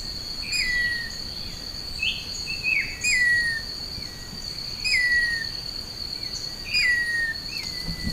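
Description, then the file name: Rufous-tailed attila singing slurred whistles that drop in pitch, repeated several times, against a constant shrill insect hum. "canto do capitao castanho"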